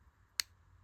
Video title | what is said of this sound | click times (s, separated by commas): How to fix Furblet Ears Not Folding Down | You hear it click in. | 0.4 s